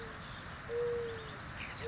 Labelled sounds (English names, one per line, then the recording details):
Mourning Dove
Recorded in Sonoma County, California